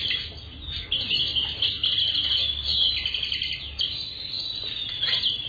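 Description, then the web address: Several birds singing and chirping together in a dense, overlapping high-pitched chorus of twittering notes, with a low background rumble. Assorted birds in a garden. "Sound Effects Special FX 2. Assorted Birds in Garden"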